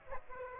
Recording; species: mosquito wingbeat signal from an infrared sensor; Aedes aegypti